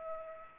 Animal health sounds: mosquito wingbeat signal from an infrared sensor; Culex pipiens

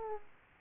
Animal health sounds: mosquito wingbeat signal from an infrared sensor; Aedes aegypti

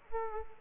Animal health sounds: mosquito wingbeat signal from an infrared sensor; Aedes aegypti

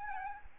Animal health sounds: mosquito wingbeat signal from an infrared sensor; Aedes albopictus

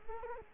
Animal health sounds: mosquito wingbeat signal from an infrared sensor; Culex quinquefasciatus

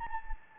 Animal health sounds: mosquito wingbeat signal from an infrared sensor; Anopheles gambiae

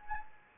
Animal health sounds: mosquito wingbeat signal from an infrared sensor; Anopheles gambiae

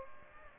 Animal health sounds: mosquito wingbeat signal from an infrared sensor; Aedes aegypti

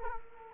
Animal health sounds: mosquito wingbeat signal from an infrared sensor; Culex quinquefasciatus

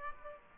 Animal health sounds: mosquito wingbeat signal from an infrared sensor; Aedes aegypti

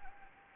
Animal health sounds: mosquito wingbeat signal from an infrared sensor; Anopheles gambiae

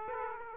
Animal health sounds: mosquito wingbeat signal from an infrared sensor; Aedes aegypti

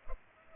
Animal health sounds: mosquito wingbeat signal from an infrared sensor; Culex pipiens

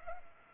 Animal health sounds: mosquito wingbeat signal from an infrared sensor; Culex pipiens

